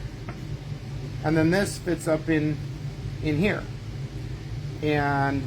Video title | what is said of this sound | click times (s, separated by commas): Removing Rust from Antique Die Sets at Potter USA | then it locks in place like that | 0.3 s